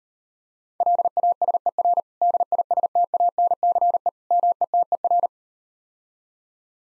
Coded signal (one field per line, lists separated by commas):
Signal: Morse code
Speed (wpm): 39 wpm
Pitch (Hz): 700 Hz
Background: none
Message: LASER DISTANCE METER